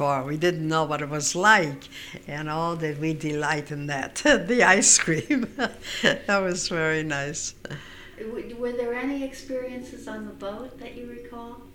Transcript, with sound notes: We didn't know what it was like. And, oh, did we delight in that, the ice cream. ( she laughs ) That was very nice.
Were there any experiences on the boat that you recall?